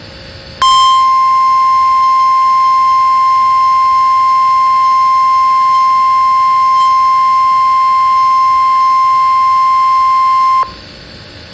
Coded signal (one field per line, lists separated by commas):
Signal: Emergency Alert System (SAME) tones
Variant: 1050 Hz attention tone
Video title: EAS: Mad Person.exe Alert